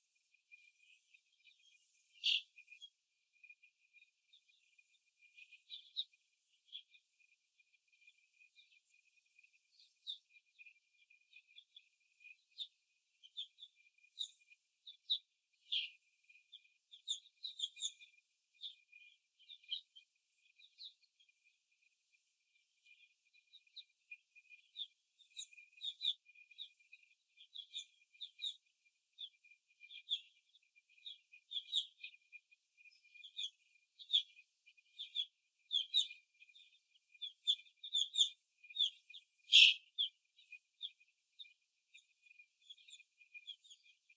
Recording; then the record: young laying hens in a cage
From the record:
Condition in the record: after the stressor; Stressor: simulated dog barking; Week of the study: 2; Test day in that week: 2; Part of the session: 3